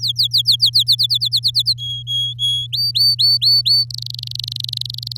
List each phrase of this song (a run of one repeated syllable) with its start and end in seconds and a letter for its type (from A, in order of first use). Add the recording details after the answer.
0.00-0.95 A, 0.98-1.74 B, 1.78-2.67 C, 2.72-3.85 D, 3.90-5.17 E. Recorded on 7 May 2018 at 14:32. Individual llb16